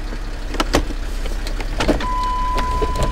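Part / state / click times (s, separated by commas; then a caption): transfer case shift lever into its neutral detent / not seated / none. A transfer case shift lever on a Jeep Wrangler is moved through four-wheel drive toward its neutral detent for flat towing. Several sharp clicks and clunks are heard around 0.6, 0.8 and 1.8 seconds, and a steady tone starts at about 2.0 seconds and runs to the end. Nothing has seated or clicked into neutral yet.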